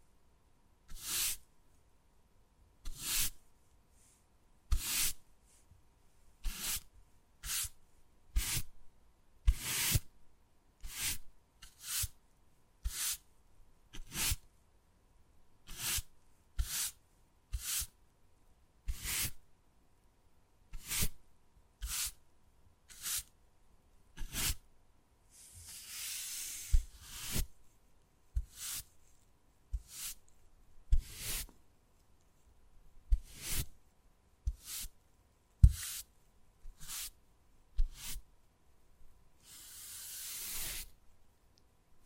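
Wood carving sounds, with sharp taps or cuts arriving in a fairly regular pattern about every second for the whole stretch. Each stroke is short and bright with a quick scrape after it. Longer hissing scratches come around 26 seconds and again near 40 seconds.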